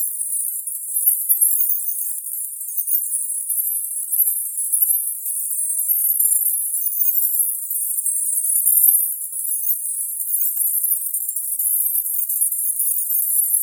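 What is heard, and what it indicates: A steady, very high-pitched shimmering hiss with a faint tinkling texture runs for about 14 seconds, with no low or mid tones. It is a 10k distractor tinnitus masker, a sound built to cover or distract from ringing in the ears.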